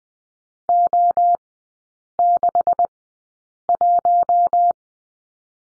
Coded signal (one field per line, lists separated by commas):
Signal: Morse code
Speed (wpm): 20 wpm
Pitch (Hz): 700 Hz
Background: none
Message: O61